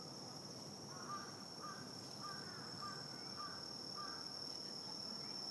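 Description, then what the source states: Cricket trill holds one continuous high tone, while about six short, lower notes sound roughly every half second in the middle. Crickets recorded in Shibuya, Tokyo, Japan.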